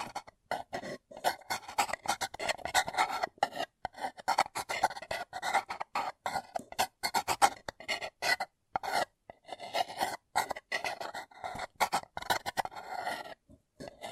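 A paper cup is crinkled and scratched in quick, uneven bursts, with short gaps of silence between handlings. The crackly rustling sits mostly in the middle and upper range, dense and fast, continuing without a steady rhythm for the whole fourteen seconds.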